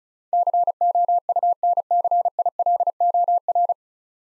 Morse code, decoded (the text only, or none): COUNCILOR